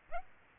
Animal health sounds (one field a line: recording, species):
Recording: mosquito wingbeat signal from an infrared sensor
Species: Aedes aegypti